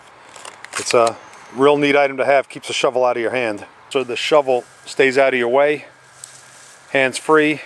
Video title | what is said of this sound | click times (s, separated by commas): The Shovel Holster for Metal Detecting | it just goes and clicks right in | 0.4 s, 0.7 s